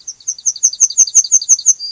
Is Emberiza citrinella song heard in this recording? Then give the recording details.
yes. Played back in grassland. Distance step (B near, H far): B. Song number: 005